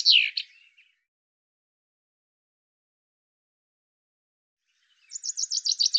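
Bird calls: a quick falling chirpy burst at the start, then after silence a rapid high trill of evenly repeated notes over the last second.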